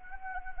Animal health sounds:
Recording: mosquito wingbeat signal from an infrared sensor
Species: Anopheles gambiae

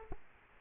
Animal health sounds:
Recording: mosquito wingbeat signal from an infrared sensor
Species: Aedes aegypti

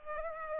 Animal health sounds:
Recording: mosquito wingbeat signal from an infrared sensor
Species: Culex pipiens

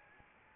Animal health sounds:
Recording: mosquito wingbeat signal from an infrared sensor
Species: Anopheles arabiensis

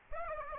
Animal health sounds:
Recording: mosquito wingbeat signal from an infrared sensor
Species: Aedes aegypti

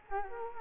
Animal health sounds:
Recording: mosquito wingbeat signal from an infrared sensor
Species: Culex quinquefasciatus

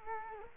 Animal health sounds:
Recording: mosquito wingbeat signal from an infrared sensor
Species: Culex quinquefasciatus

